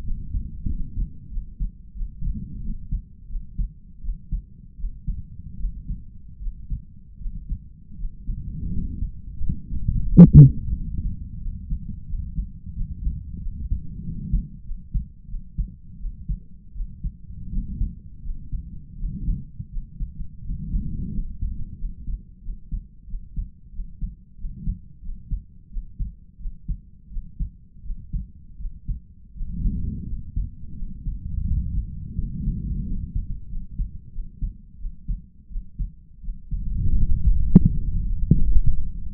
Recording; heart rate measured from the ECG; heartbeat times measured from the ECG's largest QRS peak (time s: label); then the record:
heart sounds by stethoscope; 86 bpm
0.03 s: heartbeat
0.66 s: heartbeat
1.29 s: heartbeat
1.94 s: heartbeat
2.61 s: heartbeat
3.28 s: heartbeat
4.01 s: heartbeat
4.76 s: heartbeat
5.57 s: heartbeat
6.39 s: heartbeat
7.18 s: heartbeat
7.96 s: heartbeat
8.70 s: heartbeat
9.39 s: heartbeat
10.07 s: heartbeat
10.73 s: heartbeat
11.39 s: heartbeat
12.06 s: heartbeat
12.74 s: heartbeat
13.39 s: heartbeat
14.01 s: heartbeat
14.63 s: heartbeat
15.27 s: heartbeat
15.98 s: heartbeat
16.73 s: heartbeat
17.50 s: heartbeat
18.21 s: heartbeat
18.96 s: heartbeat
19.69 s: heartbeat
20.42 s: heartbeat
21.11 s: heartbeat
21.76 s: heartbeat
22.41 s: heartbeat
23.06 s: heartbeat
23.71 s: heartbeat
24.36 s: heartbeat
25.01 s: heartbeat
25.69 s: heartbeat
26.38 s: heartbeat
27.09 s: heartbeat
27.82 s: heartbeat
28.57 s: heartbeat
29.33 s: heartbeat
30.05 s: heartbeat
30.74 s: heartbeat
31.44 s: heartbeat
32.15 s: heartbeat
32.84 s: heartbeat
33.47 s: heartbeat
34.11 s: heartbeat
34.77 s: heartbeat
35.48 s: heartbeat
36.21 s: heartbeat
36.94 s: heartbeat
37.66 s: heartbeat
38.37 s: heartbeat
39.09 s: heartbeat
From the record:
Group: healthy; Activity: cold pressor test 0-36 s, rest 36-39 s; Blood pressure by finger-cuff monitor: 96/69 mmHg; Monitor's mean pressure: 76 mmHg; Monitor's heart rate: 88 bpm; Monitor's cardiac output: 5.6 L/min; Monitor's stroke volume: 64 mL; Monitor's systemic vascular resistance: 990 dyn s/cm5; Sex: male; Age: 22 years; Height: 181 cm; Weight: 60 kg